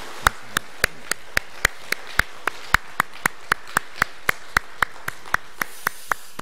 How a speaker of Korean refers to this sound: 우리 송년주일 맞이했습니다. 지난 2015년 한 해 동안 우리와 함께 하시고 은혜 가운데 인도해 주신 우리 하나님께 우리 감사와 영광의 박수 한번 올려드리도록 그렇게 하겠습니다.